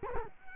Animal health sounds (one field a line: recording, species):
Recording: mosquito wingbeat signal from an infrared sensor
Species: Culex quinquefasciatus